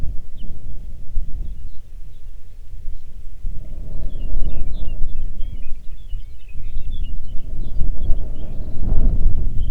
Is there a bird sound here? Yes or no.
yes